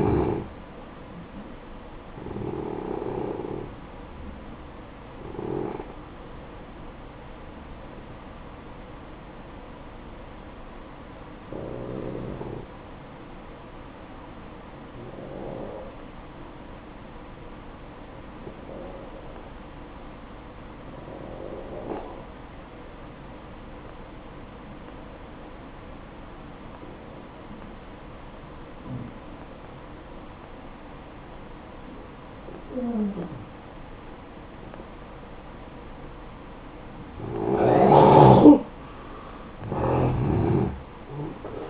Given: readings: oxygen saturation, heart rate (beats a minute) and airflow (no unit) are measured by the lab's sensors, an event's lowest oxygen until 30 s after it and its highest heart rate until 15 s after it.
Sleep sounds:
breathing in sleep by a voice recorder at the bedside; 1
5.00-37.30 s: hypopnea (N1, oxygen 94% highest, then 88% lowest, heart rate 61 at the start, 69 highest)
23.00-41.70 s: new sleep stage, N2 (light sleep)
From the record:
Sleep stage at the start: N1 (lightest sleep); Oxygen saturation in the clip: 87 to 94%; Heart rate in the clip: 55 to 70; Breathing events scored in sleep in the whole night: 573 in 9.8 hours asleep

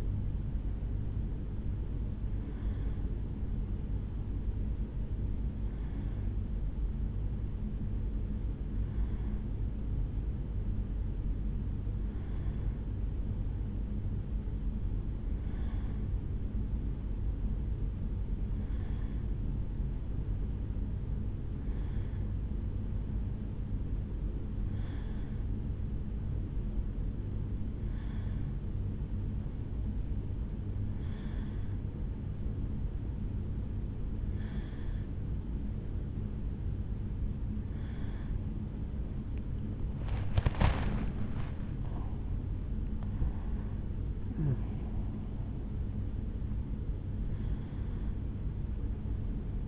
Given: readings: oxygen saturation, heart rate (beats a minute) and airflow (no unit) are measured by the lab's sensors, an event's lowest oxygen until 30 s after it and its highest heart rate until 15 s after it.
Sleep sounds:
a person awake in a sleep study, by a smartphone at the bedside; none
0.00-49.68 s: awake
From the record:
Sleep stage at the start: awake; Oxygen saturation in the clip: 93 to 94%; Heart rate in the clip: 73 to 79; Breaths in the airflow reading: 16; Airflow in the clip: -4.7 to 5.4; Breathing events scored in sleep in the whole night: 449 in 7.0 hours asleep

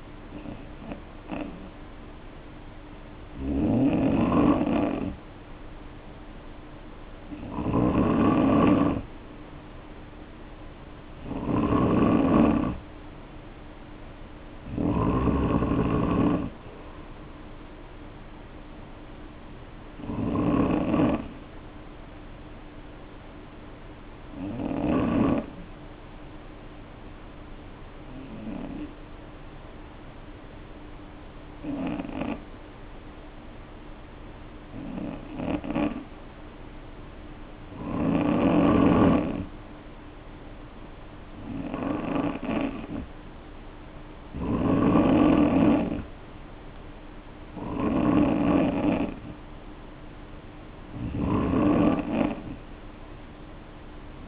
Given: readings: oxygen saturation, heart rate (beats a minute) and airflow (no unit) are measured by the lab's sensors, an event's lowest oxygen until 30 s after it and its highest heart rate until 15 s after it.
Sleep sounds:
breathing in sleep by a voice recorder at the bedside; 1
10.00-54.28 s: new sleep stage, N3 (deep sleep)
28.00-43.30 s: hypopnea (N3, oxygen 94% highest, then 88% lowest, heart rate 51 at the start, 61 highest)
From the record:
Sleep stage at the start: N2 (light sleep); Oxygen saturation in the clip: 90 to 94%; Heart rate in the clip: 51 to 61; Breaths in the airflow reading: 12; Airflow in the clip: -2.8 to 2.5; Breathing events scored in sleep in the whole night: 520 in 7.2 hours asleep

